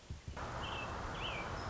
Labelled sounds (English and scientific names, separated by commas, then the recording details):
American Robin (Turdus migratorius)
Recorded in Sonoma County, California